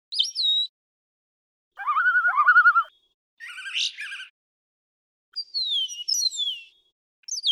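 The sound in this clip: Brown thrasher song, a string of varied phrases split by short pauses: a whistled note, a buzzy repeated phrase, a harsh burst and sliding downward whistles.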